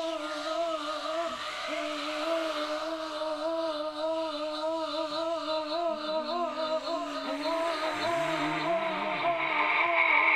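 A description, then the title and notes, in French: A feedback loop of echoes piling on echoes, a steady wavering drone of layered ringing tones, a low tone bending and a shrill whine rising near the end. Nous les avons allumé et les réglé sur la fréquence 93.9, de Radio Campus Paris. Comme nous sommes en direct, nous pouvons nous écouter en train de nous écouter, l'écho de l'écho de l'écho engendre alors un mega larser !!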